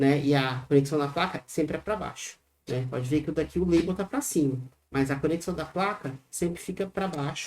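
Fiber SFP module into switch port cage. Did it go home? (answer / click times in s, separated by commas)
no / none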